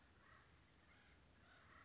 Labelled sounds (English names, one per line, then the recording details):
Acorn Woodpecker
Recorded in Sonoma County, California